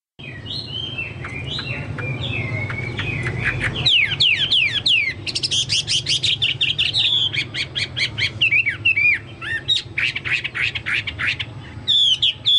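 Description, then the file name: Chinese hwamei song opening with descending whistles, then rising into fast, sharp trills and clipped repeated notes, very rich and energetic. "hwamei-2-omkicau"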